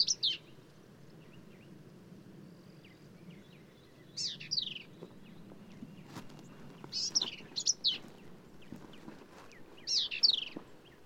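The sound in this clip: Black-capped vireo song, short harsh, twangy phrases of jumbled high notes, given every few seconds with pauses between, over a low background hum.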